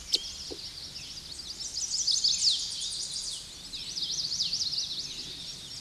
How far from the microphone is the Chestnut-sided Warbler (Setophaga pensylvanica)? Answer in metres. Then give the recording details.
about 10 m. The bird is about level with the microphone. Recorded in a Pennsylvania forest on 16 May 2024 at 07:19. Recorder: AudioMoth, point MSD-1990. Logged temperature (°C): 15.3 °C. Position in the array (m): 134 m, 151 m